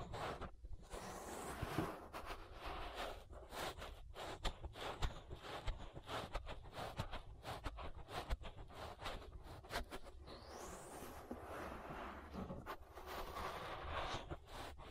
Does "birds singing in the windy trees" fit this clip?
no